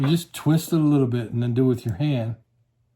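Someone talks while a threaded retaining ring on a Schlage lock cylinder housing is backed off one more detent notch because it feels a little tight: first twisted a little with a tool, then turned by hand. The speech runs to about 2.4 s, followed by near silence. The ring has not clicked into place yet.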